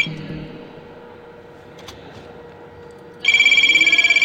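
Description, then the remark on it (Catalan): A telephone suddenly starts ringing after a few seconds of low background noise, a loud, high electronic trill that pulses rapidly and steadily. “Bueno, ui, aquí sembla que ens truquen.”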